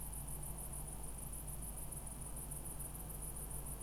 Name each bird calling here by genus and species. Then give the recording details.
none. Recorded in France